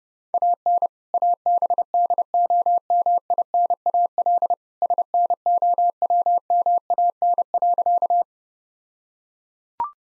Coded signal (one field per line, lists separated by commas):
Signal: Morse code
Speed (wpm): 30 wpm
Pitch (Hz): 700 Hz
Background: none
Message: AN ABDOMINAL SNOWMAN.